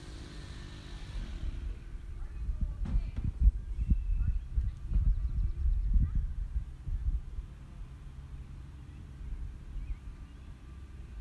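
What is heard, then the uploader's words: An afternoon outdoor scene beside a golf course on a residential drive. A low, rumbling vehicle passes, swelling from about two seconds and fading after six, with a few faint clicks and hiss in the quiet background before and after. Tuesday afternoon near Hastings Country Club. This soundscape comes from Westview Drive in Hastings, MN next to the 18th hole of the Hastings Golf Club. The recording was made at 12:15 p.m. The recording device used was an iPhone 6 held at about waist level.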